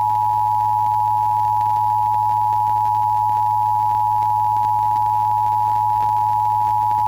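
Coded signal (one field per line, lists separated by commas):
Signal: Emergency Alert System (SAME) tones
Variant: 853 and 960 Hz attention tone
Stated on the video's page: Real IPAWS weekly test EAS alert received from an FM radio station, 105.9.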